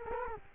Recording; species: mosquito wingbeat signal from an infrared sensor; Culex quinquefasciatus